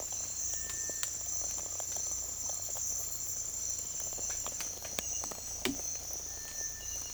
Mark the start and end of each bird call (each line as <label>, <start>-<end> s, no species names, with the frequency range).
bird call (1.6-2.3 kHz), 0.48-1.05 s
bird call (1.5-2.2 kHz), 6.26-6.96 s